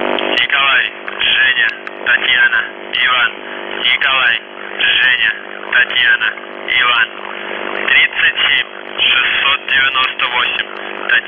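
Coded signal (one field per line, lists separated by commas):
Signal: numbers station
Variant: UVB-76 voice message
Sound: a voice speaking spaced words over a steady low buzzing drone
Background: radio static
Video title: The Buzzer/UVB-76(4625Khz) September 16, 2021 13:06UTC Voice message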